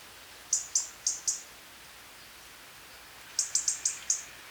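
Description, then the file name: European robin uttering brief high-pitched notes in two bursts, four spaced notes then five in quick succession, separated by about two seconds of quiet hiss. "Erithacus rubecula"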